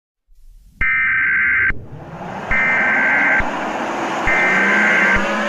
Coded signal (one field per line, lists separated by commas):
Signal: Emergency Alert System (SAME) tones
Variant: header bursts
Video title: EAS Scenario - Uranus Collision (April Fools Special)